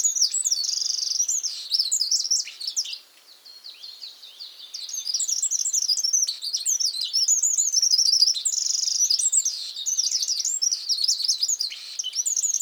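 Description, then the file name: Eurasian wren pouring out rapid high trills and chattering notes, dipping softer for a moment before resuming at full strength. "Troglodytes troglodytes"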